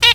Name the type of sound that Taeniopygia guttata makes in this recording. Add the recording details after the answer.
stack call. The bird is a female. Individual fem8